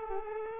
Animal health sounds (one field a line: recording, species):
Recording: mosquito wingbeat signal from an infrared sensor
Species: Culex quinquefasciatus